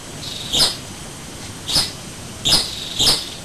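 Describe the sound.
White-breasted waterhen calling with four sharp, squeaky, harsh notes at uneven intervals over a faint steady hiss.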